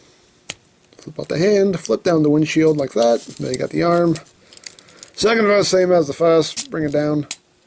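Someone talks while transforming a plastic TFC Toys Gumball (Streetwise) robot figure, flipping out a hand and bringing the second arm down on its hinge toward the torso. A sharp tap sounds at 0.5 s, and small plastic handling ticks come around 4.5 to 5.0 s. The clip ends before the arm goes home, so nothing has seated or clicked yet.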